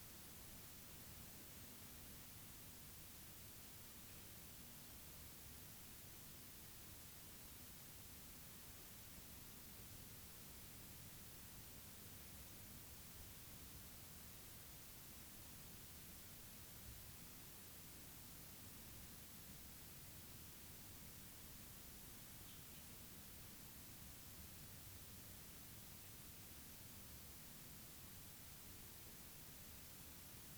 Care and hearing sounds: daily activity, guitar pickup as the sensor; lie down

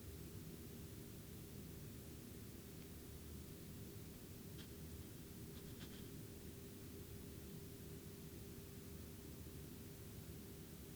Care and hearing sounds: daily activity, guitar pickup as the sensor; lie down

